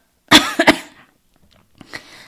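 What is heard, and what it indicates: An adult woman coughs. The cough comes from a cold that has lingered for two weeks, with constant coughing that is worse at night. Her voice is still slightly hoarse, and her colds easily turn into bronchitis, which has left her airways weak.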